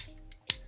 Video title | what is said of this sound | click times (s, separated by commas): Transformers One Optimus Prime is A Weirdly Interesting Toy - #transformers One SS Optimus Prime | they click into place | 0.5 s